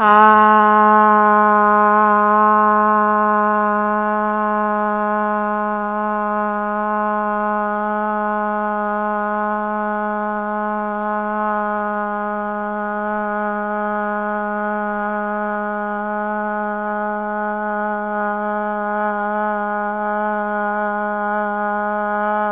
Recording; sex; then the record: sustained vowel /a/; female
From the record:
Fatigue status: no fatigue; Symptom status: symptomatic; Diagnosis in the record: COVID-19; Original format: 3gp